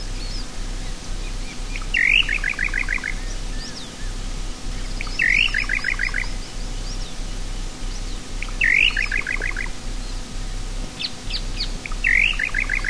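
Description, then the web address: Little nightjar calling repeatedly, about every three seconds: a rising whistled note then a rapid stuttering run of short falling chips, against constant low-frequency hum. South America. "Natures Songs S America Little Nightjar"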